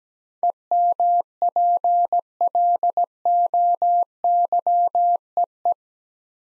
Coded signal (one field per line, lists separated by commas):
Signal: Morse code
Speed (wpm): 17 wpm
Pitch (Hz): 700 Hz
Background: none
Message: EMPLOYEE